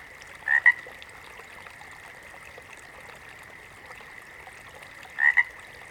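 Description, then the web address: Water frog giving two brief double croaks, nearly five seconds apart, against a constant thin droning background. "Sleep Sounds of Nature FROGS Water Frogs"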